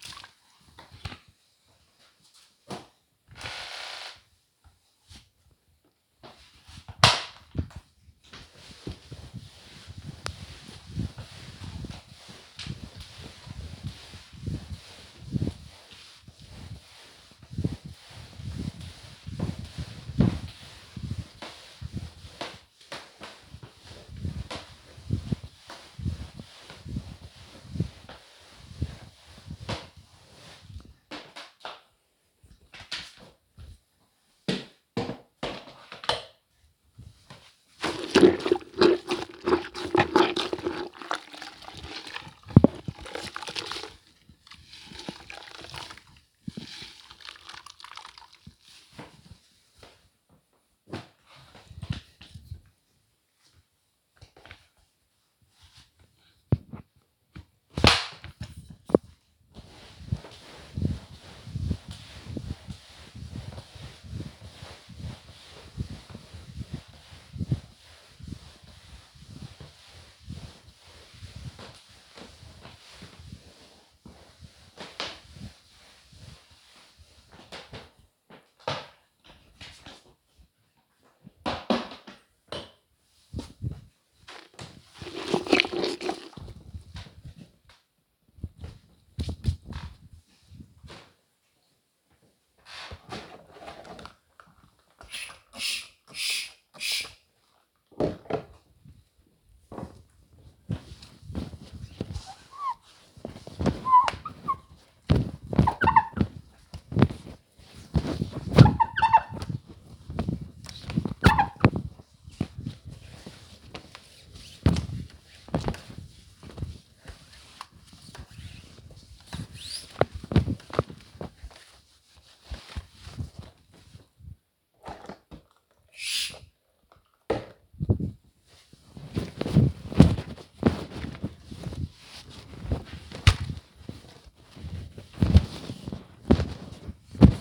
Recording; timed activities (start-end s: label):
household activities, microphone on the right wrist
0.00-83.77 s: floor cleaning
94.84-137.41 s: window cleaning